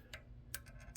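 A click-type torque wrench tightens the ignition coil hold-down bolt in the cylinder head of a 2013 Honda Civic 1.8L. Among faint ticks near 0.1 s and 1.0 s, the wrench gives a sharp, bright click at 0.6 s as it breaks over at its set torque, confirming the bolt is torqued to spec.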